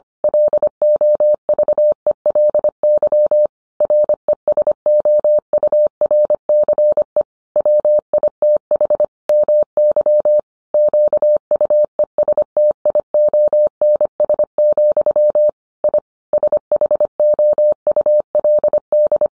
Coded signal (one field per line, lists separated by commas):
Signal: Morse code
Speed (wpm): 25 wpm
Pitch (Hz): 600 Hz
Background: none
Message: LOVELY RESOURCE WITH MY QUESTIONS, I SHOULD